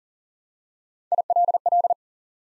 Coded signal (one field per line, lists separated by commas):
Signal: Morse code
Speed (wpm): 42 wpm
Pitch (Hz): 700 Hz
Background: none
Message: ILL